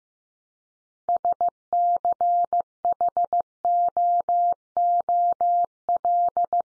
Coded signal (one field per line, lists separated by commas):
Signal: Morse code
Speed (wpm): 15 wpm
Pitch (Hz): 700 Hz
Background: none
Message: SCHOOL